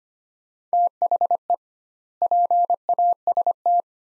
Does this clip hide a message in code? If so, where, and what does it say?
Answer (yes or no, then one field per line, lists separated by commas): yes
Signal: Morse code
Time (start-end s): 0.7-3.8 s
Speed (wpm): 25 wpm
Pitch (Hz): 700 Hz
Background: none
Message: THE PAST